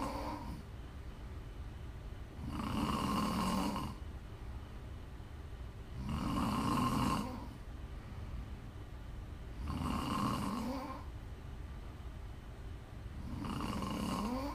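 An adult's steady snoring while asleep: four loud, low, rumbling snores in 15 seconds, each lasting about one and a half seconds and coming roughly every three and a half seconds, with a buzzing tone near 200 Hz and brighter overtones around 1 kHz, separated by quiet pauses.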